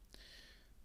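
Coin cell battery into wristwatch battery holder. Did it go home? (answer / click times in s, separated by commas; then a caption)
yes / 0.1 s. A coin cell battery is wedged under the top retaining piece of a wristwatch battery holder, the small lever is pulled down, and the battery is pushed in with a finger. It snaps into place with a sharp click at 0.1 s, followed by a faint ringing tone. The battery is seated.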